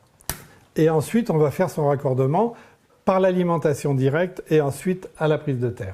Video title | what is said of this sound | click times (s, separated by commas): تركيب ديجنكتور | appareil se clipse sur le rail de façon traditionnelle là et | 0.3 s